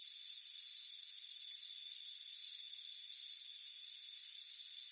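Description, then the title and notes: Crickets chirping, loud trilled bursts roughly every 0.8 seconds alternating with softer chirps over a steady high tone. Crickets chirping on a warm afternoon on a front porch. "Soothing Crickets Chirping Sound. It's a warm afternoon as you relax in a hammock on the front porch. Relax and fall asleep to the soothing sound of chirping crickets. Deep Sleep Sounds"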